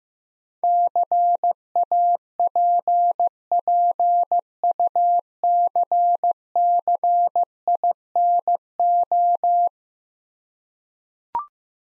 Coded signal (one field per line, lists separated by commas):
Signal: Morse code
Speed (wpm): 15 wpm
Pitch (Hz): 700 Hz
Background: none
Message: CAPPUCCINO